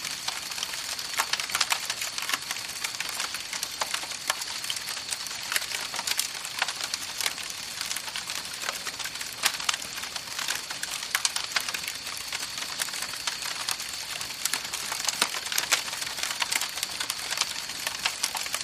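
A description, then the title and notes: A campfire crackles steadily, with dense, irregular pops and snaps sounding several times a second throughout. Underneath, night insects keep up a constant high, thin buzz that never lets up. Crackling Campfire and Night Insect Sounds. A cozy crackling fire and the soft sounds of night insects out in the countryside.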